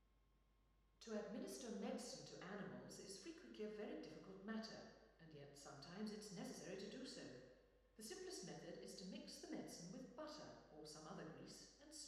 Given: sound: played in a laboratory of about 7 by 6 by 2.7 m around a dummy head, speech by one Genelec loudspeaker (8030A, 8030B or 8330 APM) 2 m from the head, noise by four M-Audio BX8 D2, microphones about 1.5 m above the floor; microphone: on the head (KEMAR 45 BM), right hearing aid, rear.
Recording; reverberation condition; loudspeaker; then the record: female speech in English; high; 90 degrees to the right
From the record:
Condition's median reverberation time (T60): about 1300 ms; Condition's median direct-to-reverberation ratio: about -4.0 dB